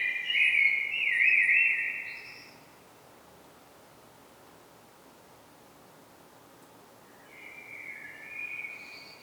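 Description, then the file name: Common blackbird song: a loud, mellow warbled phrase at the start, then a long pause before a softer second phrase near the end. "Turdus merula"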